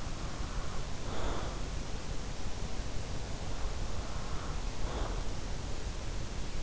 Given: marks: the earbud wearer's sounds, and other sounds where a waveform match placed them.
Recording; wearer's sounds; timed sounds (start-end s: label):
sounds in sleep by an in-ear microphone; breath
0.00-1.81 s: breath
3.83-5.51 s: breath